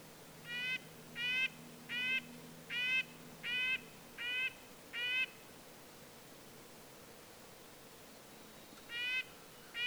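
Red-breasted nuthatch calling seven quick nasal notes in a row, a pause of several seconds, then two more, with a faint low hum early on.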